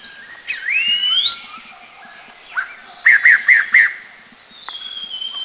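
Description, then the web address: Striated laughingthrush calling: a long rising whistle, then four quick, evenly spaced chirping notes, followed by a faint steady high tone near the end. Eaglenest, India. "India Eaglenest Striated LT"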